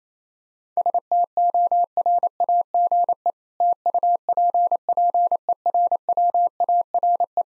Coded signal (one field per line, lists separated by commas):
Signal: Morse code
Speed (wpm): 28 wpm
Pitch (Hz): 700 Hz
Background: none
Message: STORAGE TUPPERWARE